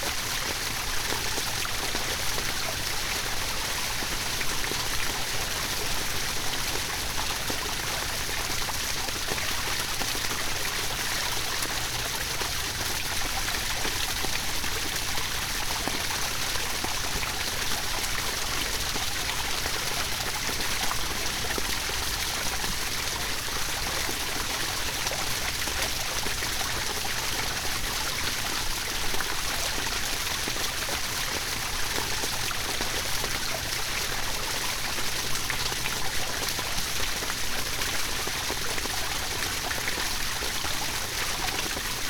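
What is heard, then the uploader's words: A park fountain runs steadily, its water splashing in a dense, unbroken hiss that stays level for the whole stretch. The sound is bright and close, with a faint low rumble underneath and no distinct events standing out. Fountain in the Park.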